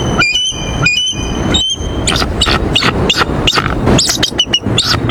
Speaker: А вот так на самом деле звучит гордый белоголовый орлан.